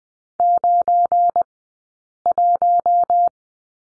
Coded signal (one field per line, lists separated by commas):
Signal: Morse code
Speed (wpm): 20 wpm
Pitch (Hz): 700 Hz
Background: none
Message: 91